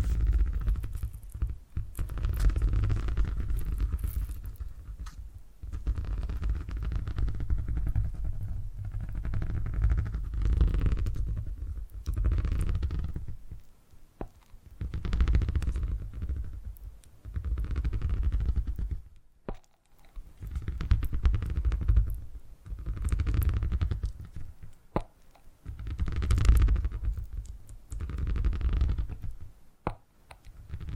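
Low, rumbling purring comes in long swells lasting a few seconds each, with brief quiet gaps around 5, 14, 19 and 24 seconds. The sound is dense and deep, with faint soft clicks and crackles scattered across the upper range.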